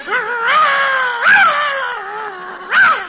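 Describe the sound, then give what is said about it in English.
A dog gives a long, drawn-out howling whine, its wavering tone holding steady before two louder, higher-pitched swells break through, with no talking. “Will your dog bite me?”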